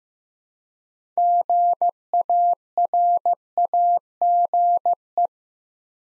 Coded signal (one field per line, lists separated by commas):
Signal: Morse code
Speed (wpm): 15 wpm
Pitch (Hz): 700 Hz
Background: none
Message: GARAGE